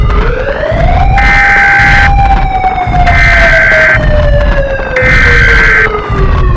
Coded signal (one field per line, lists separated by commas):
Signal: Emergency Alert System (SAME) tones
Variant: header bursts